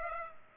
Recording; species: mosquito wingbeat signal from an infrared sensor; Culex pipiens